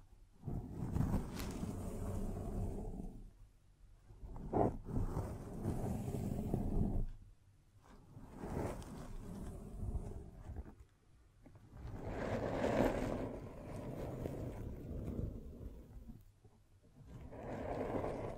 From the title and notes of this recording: ASMR Brain NUMBING Triggers Scratching, Tracing, Tapping (No Talking).